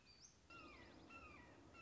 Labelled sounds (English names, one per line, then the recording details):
Red-shouldered Hawk
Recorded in Sonoma County, California